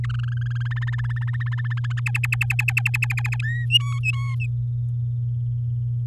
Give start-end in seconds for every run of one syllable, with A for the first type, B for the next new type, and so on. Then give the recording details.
0.04-0.68 A, 0.71-1.93 B, 1.97-3.36 C, 3.42-3.65 D, 3.69-4.47 E. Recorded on 11 May 2018 at 06:27. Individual llb16